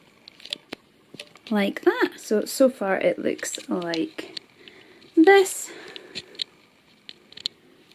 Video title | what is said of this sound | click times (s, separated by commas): Gtech AirRam MK2 vacuum review | this just clicks into place with this here like | 0.5 s